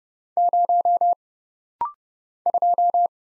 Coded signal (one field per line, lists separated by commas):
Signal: Morse code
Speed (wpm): 30 wpm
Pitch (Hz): 700 Hz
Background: none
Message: 0 2